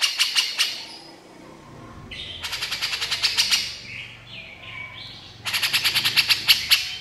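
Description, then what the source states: Horsfield's bush lark song in bursts of fast, dry chattering notes, with short warbled phrases between bursts and a final quick rattling run. Masteran recording of a branjangan used to train other songbirds; described as super gacor, meaning singing continuously.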